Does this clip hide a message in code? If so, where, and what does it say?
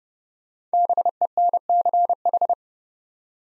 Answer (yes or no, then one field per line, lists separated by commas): yes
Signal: Morse code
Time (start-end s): 0.7-2.5 s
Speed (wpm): 30 wpm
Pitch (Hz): 700 Hz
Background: none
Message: BENCH